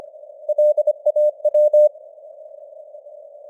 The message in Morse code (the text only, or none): LAW